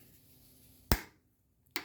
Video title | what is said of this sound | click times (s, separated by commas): Episode 39 - Engine and Transmission Swap Part 2 2010 Ford Fusion | same deal you turn it till it clicks | 0.9 s, 1.8 s